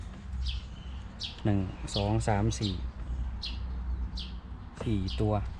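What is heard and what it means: After fitting a new cabin air filter, someone lines up the locking tabs of the plastic cabin air filter cover with their holes and presses the cover into the filter housing behind the glovebox. Someone talks throughout, with high chirps and a faint short knock around 3.4 s. Nothing has seated or clicked yet.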